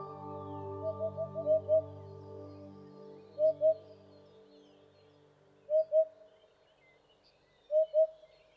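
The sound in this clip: Owl hooting in quick paired notes repeated every couple of seconds at a steady pitch, over a low steady hum that fades out.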